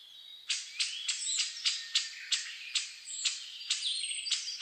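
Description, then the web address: Bird calls: sharp dry chips repeated about three times a second in a steady series, with faint high whistles of other birds behind. Dawn chorus (reimei) of birdsong (saezuri), recorded 10 May 2010 at 04:01. "reimei -saezuri-20100510-0401"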